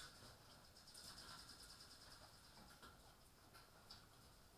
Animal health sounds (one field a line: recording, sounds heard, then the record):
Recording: poultry house recording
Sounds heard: healthy chickens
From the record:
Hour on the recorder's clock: 19